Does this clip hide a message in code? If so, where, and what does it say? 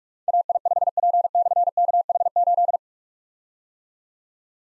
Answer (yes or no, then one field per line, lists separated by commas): yes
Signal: Morse code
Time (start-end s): 0.3-2.8 s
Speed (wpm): 44 wpm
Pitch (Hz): 700 Hz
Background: none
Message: AI5P/KH8